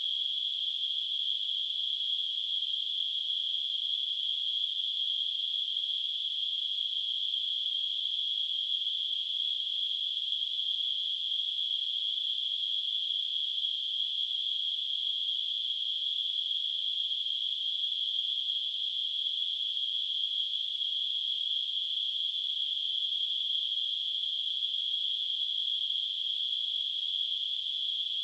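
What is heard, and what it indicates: A steady, high-pitched hissing tone around 3 kHz runs unchanged for the full 28 seconds, with no pauses or pulsing. This is a simulated tinnitus sound, imitating the constant ringing or hissing heard in the ears.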